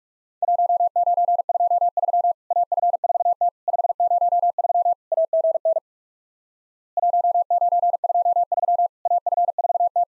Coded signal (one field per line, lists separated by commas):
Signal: Morse code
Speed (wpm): 47 wpm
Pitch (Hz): 700 Hz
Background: none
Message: 1923 AF4T 503 AGN 1923 AF4T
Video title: Worked All Europe DX Contest QTC Exchange with Repeats 45wpm